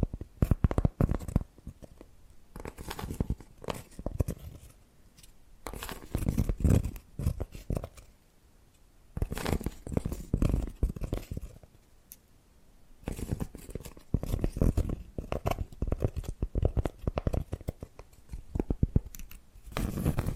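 Tapping and scratching sounds come in dense bursts of quick, irregular strikes, each run lasting a couple of seconds before a short pause. The hits are crisp and bright with a dull low thump beneath, with quieter gaps near 8 and 12 seconds.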